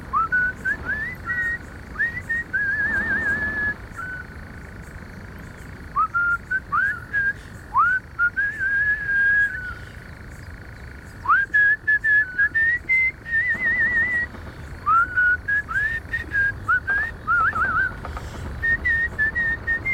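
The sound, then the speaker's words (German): A man sitting at the edge of a dark forest purses his lips and whistles a familiar Schlager pop tune, a bright, clear melody in short rising and falling phrases with brief pauses between them, over a low steady background rumble. “Da spitzt er seine Lippen und pfeift die vertraute Schlagermelodie.”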